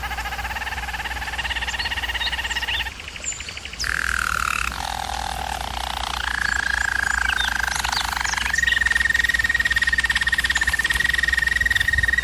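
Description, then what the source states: German Roller canary song of layered rolling trills, a short pause, a deep gliding roll, then a long steady high trill to the end. German Roller canary singing, used for canary training.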